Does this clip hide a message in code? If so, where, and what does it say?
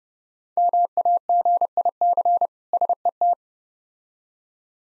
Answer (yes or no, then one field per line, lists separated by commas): yes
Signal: Morse code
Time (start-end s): 0.6-3.3 s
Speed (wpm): 32 wpm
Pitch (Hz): 700 Hz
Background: none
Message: MAGIC SET